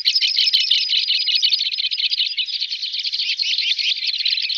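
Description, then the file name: Two-barred crossbill giving a dense, continuous twittering of high chattering notes that runs unbroken for several seconds, with no other sounds heard. "Krivka belokridla Loxia leucoptera"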